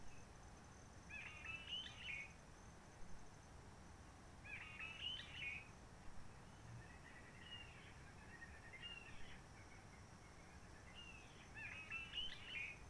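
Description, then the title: Réunion bulbul song: five short chattering, warbled phrases spaced about two to three seconds apart, over a low steady rumble and a faint high insect-like hum. Roche Merveilleuse, Réunion; forest quiet since the 19 March 2020 lockdown, no hikers, microlights or helicopters; sunny blue sky; birds not very active; song simpler, short phrases, adapted to past aircraft noise. "Roche Merveilleuse, Réunion - Merle de lîle de la Réunion."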